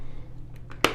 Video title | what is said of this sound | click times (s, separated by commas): Never Lose Your Apple Pencil Again! | you hear that snap and you're pretty much ready to go that's that's what it is installed | 0.8 s